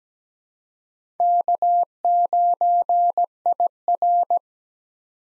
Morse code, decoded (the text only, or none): K9IR